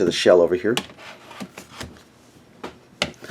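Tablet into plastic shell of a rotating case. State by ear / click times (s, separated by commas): seated / 3.0 s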